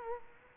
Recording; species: mosquito wingbeat signal from an infrared sensor; Culex quinquefasciatus